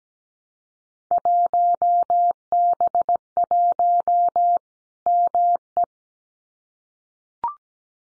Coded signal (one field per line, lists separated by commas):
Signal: Morse code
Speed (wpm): 17 wpm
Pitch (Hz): 700 Hz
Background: none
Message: 1B1 ME